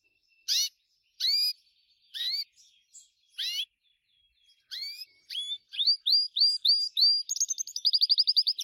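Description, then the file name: Gloster canary singing: several separate slurred whistles, then accelerating runs of sharp repeated notes ending in a fast high trill. "canto do canario gloster"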